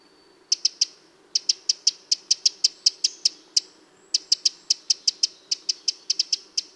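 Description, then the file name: Eurasian wren giving loud, sharp ticking calls in fast runs, with a brief thin tone before the first burst and a short gap midway. "Troglodytes troglodytes"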